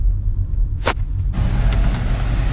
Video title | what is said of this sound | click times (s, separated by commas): How to change spark plugs (2005 Mercedes E55 AMG)[W211 M113K 5.5L Kompressor]Check Engine, Missfire | you you set your torque specs and then you torque your bolts until you hear that click | 0.9 s